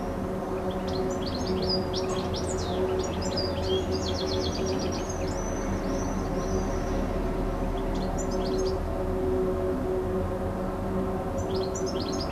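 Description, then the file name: Bird song: high chirps and rapid trilled runs in repeated phrases, set against loud steady low-pitched background noise. Recorded 26 June 2014 with an MZ-N710 device. "Chant d oiseau 26 06 14"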